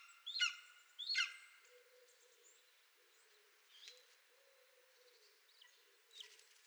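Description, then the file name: Golden eagle giving two loud, sharp, descending yelps, then only fainter yelps while soft low cooing from another bird runs in the background. "Golden Eagle - Aquila chrysaetos"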